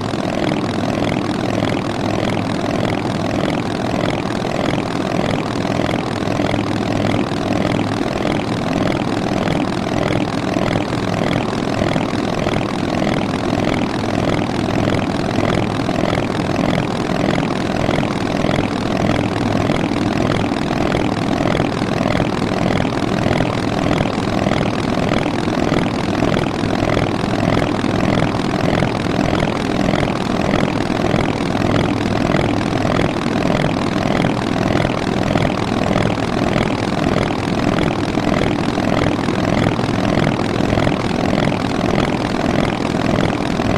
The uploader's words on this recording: Recordings made by Dan Bodah in the Black Hills around Sturgis, South Dakota during the 2003 Sturgis Motorcycle Rally.